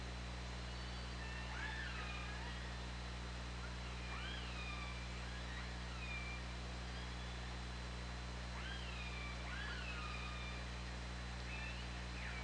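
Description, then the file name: Orca calls: a series of arched calls that rise then fall in pitch, over a constant low hum and hiss. Recorded on the OrcaLab hydrophone, 24 August 2017, 20:33. "Orca Lab UTLN JASON 20170824 203346"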